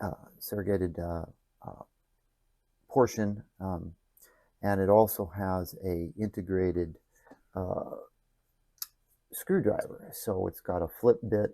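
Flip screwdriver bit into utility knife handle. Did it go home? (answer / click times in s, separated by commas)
yes / 8.8 s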